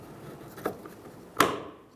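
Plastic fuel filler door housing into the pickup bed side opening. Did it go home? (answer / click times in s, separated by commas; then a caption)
yes / 1.4 s. A plastic fuel filler door housing on a 2015-2020 Ford F-150 is lined up with its mounting slots in the pickup bed side opening and pressed in until it locks. A softer tap comes at 0.7 s, then a sharp, loud click at 1.4 s as the housing snaps into place and seats. A light tug then checks that it is held.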